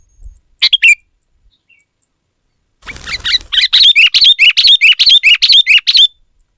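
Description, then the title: Sooty-headed bulbul: a brief chirp, then a rapid, steady series of many bright, bubbling notes lasting about three seconds. "kutilang"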